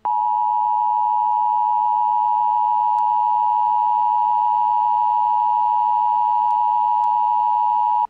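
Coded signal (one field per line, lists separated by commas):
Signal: Emergency Alert System (SAME) tones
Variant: 853 and 960 Hz attention tone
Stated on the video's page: EAS recreation of an alert from the film "I Am Legend", fictional scenario.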